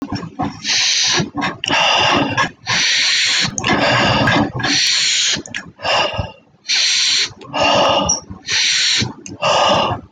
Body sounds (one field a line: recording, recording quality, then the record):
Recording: deep breathing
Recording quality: excellent, no background noise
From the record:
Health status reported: healthy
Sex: male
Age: 22 years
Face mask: worn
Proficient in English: yes